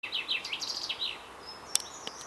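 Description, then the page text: Eurasian reed warbler song: a quick run of scratchy, chattering notes for about a second, followed by a few sharp clicks over a hissing background. Diedorf, Germany; 3 May 2021, around 12:58 pm; very windy conditions, poor audio quality. "Teichrohrsänger in Diedorf. Leider war es sehr windig, weshalb die Audioqualität sehr schlecht ist."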